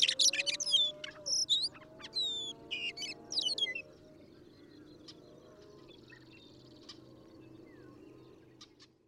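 Western meadowlark song, a burst of bright, tumbling whistled and slurred notes over about four seconds, then only faint scattered ticks.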